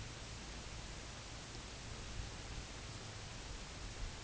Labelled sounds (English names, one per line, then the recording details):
none
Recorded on Arctic tundra, site UTQI-8, on 13 June 2019
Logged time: 04:00